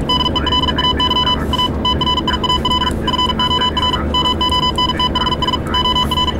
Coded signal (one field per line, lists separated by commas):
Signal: Morse code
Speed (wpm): 44 wpm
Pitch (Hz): 3000 Hz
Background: none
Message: DELAY A TRIAL FOR MONTHS OR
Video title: Example of shorthand symbols for high speed telegraphy reception